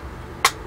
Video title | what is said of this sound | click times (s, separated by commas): 1/35 German Flakpanzer Gepard, by Tamiya. Part 7, finale. | do I no snapped right in no problem it's in see | 0.5 s